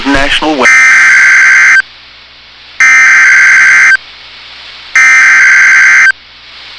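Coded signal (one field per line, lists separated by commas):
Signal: Emergency Alert System (SAME) tones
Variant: header bursts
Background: speech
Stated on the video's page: Real NOAA Weather Radio Severe Thunderstorm Warnings heard on a radio during strong storms in North Dakota and northern Minnesota.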